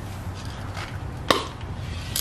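With the red cap removed, the activator button on the underside of a 2K two-part clear coat aerosol can, used to restore the headlights of an 8-year-old Lexus IS350, is pushed down to release the inner hardener chamber. Over a low steady background hum, one sharp pop sounds at 1.3 s, followed by a faint tick at 2.2 s. The pop shows the activator plunger has popped in and seated.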